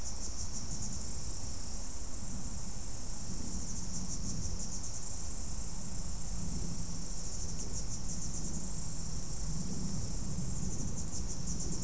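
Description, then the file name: Insects keeping up a high, shrill drone with rhythmic pulsed trills swelling every few seconds, and faint lower hums underneath. "mainly insect"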